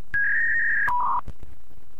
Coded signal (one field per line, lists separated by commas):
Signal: fax machine handshake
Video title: Sound Effect - Fax Machine 📠 | Free